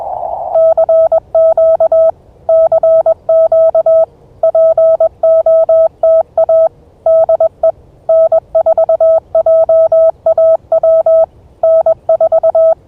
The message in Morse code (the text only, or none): CQ CQ POTA DE N4JAW N4